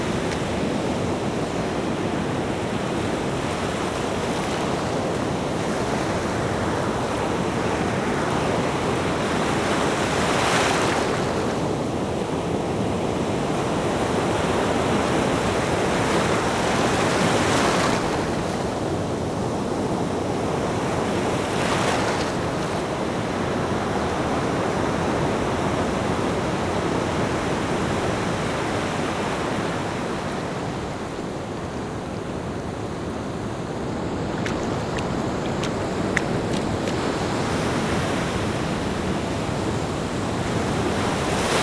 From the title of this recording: The Waves Crashing at Your Feet